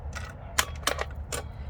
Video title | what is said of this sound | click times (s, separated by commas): We R MemoryKeepers The Works unboxing | And again, you can just hear it lock into place. | 0.6 s